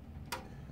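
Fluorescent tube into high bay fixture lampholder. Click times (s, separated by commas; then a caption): 0.3 s. A fluorescent tube is put into a plastic lampholder in a high bay fixture and twisted until it clicks. A single sharp click sounds at 0.3 s above a quiet low hum, and the tube is seated.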